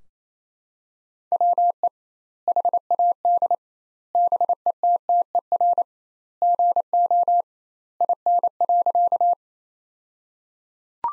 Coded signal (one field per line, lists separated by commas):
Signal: Morse code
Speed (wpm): 28 wpm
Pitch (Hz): 700 Hz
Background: none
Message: WE HAD BETTER GO IN.